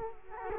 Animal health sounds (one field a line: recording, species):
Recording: mosquito wingbeat signal from an infrared sensor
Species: Culex quinquefasciatus